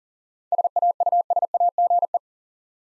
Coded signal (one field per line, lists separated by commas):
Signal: Morse code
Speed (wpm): 37 wpm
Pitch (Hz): 700 Hz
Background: none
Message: SAUSAGE